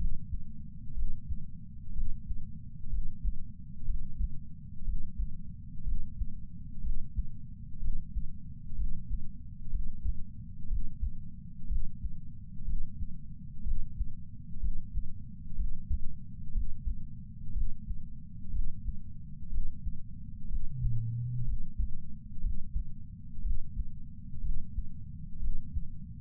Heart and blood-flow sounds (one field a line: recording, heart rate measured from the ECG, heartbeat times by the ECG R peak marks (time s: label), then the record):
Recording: heart sounds by patch sensor on the chest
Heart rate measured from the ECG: 61 bpm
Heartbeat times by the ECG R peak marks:
0.94 s: heartbeat
1.93 s: heartbeat
2.90 s: heartbeat
3.84 s: heartbeat
4.84 s: heartbeat
5.84 s: heartbeat
6.81 s: heartbeat
7.80 s: heartbeat
8.76 s: heartbeat
9.71 s: heartbeat
10.68 s: heartbeat
11.67 s: heartbeat
12.65 s: heartbeat
13.63 s: heartbeat
14.60 s: heartbeat
15.56 s: heartbeat
16.52 s: heartbeat
17.53 s: heartbeat
18.51 s: heartbeat
19.49 s: heartbeat
20.48 s: heartbeat
21.45 s: heartbeat
22.41 s: heartbeat
23.42 s: heartbeat
24.41 s: heartbeat
25.39 s: heartbeat
From the record:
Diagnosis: coronary artery disease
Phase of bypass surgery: intraoperative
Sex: male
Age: 69 years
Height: 165 cm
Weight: 60 kg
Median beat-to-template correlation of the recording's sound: 0.76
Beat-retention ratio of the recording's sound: 0.99